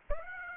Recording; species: mosquito wingbeat signal from an infrared sensor; Aedes aegypti